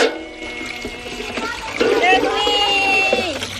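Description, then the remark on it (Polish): Water runs and splashes steadily through the channels of a water playground's devices that show how water can be transported, in Krobia municipality, a continuous wet trickling that swells slightly midway, with high children's voices calling and chattering over it. “Ten wodny plac zabaw składa się z takich urządzeń, które przedstawiają, w jaki sposób można transportować wodę.”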